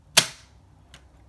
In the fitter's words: so you can press it down you can hear it snap